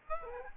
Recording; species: mosquito wingbeat signal from an infrared sensor; Aedes aegypti